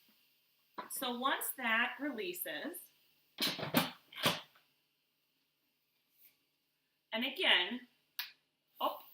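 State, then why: Released. Someone talks as pressure is released on an Instant Pot electric pressure cooker during a water test. At 8.2 s the metal float valve pin in the lid drops with a small, sharp click, unlocking the lid.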